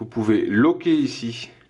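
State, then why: Not seated. A port cover lock on the side panel of a Dell Latitude Extreme Rugged 12" laptop is being handled so the cover cannot open, while someone talks throughout. Nothing has latched or clicked yet; the clip ends just before the lock goes home.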